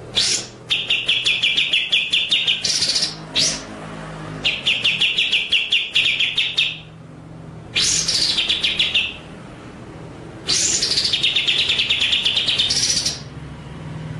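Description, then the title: White-rumped shama song with rapid trilled note series alternating with loud, harsh, sweeping bursts, repeated throughout with brief gaps. Masteran (training) song in the full ngerol nembak style. "Masteran Murai Batu Full Ngerol Nembak"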